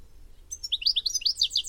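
Bird song: a quick series of high, sharp chirping notes that starts abruptly and runs for just over a second.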